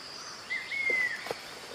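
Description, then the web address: Cinnamon Attila gives one drawn-out whistle, nearly level then dropping at the end, with a constant high hiss behind it. "sound Cinnamon-attila. صدای-پرنده-آتیلای-دارچینی"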